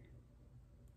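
A disposable Trulicity auto-injector pen is pressed against a belly and triggered, but it does not fire because it is still locked. Only a low, steady background rumble is heard, with a faint, brief high tick at the very end. Nothing has clicked or fired yet.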